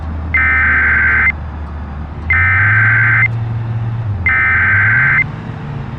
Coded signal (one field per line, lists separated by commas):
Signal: Emergency Alert System (SAME) tones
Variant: header bursts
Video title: An EAS Scenario - The Hum of Death [REMASTERED]